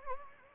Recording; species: mosquito wingbeat signal from an infrared sensor; Anopheles gambiae